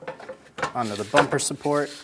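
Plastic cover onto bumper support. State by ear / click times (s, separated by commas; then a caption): not seated / none. A plastic cover is being handled and pressed toward the bumper support of a 2013-2017 Honda Accord during replacement of the bumper impact absorber, with someone talking throughout. Brief plastic handling sounds occur at 0.1 s and 0.6 s, but nothing has seated or clicked into place yet.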